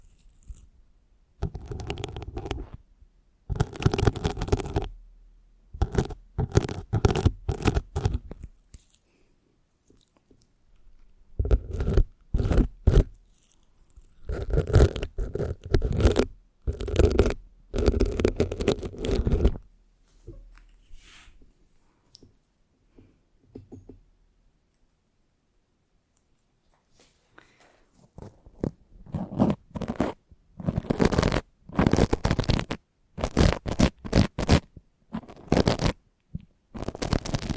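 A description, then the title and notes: Intense scratching right on a microphone comes in rough bursts of rapid strokes, harsh and full from deep rumble up to bright hiss. Clusters run a few seconds each, broken by short silences, with a quieter, sparser stretch around twenty to twenty-eight seconds. ASMR Intense Mic Scratching - Extremely Tingly (No Talking).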